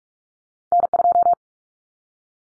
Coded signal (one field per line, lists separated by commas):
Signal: Morse code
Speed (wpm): 44 wpm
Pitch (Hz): 700 Hz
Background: none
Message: N2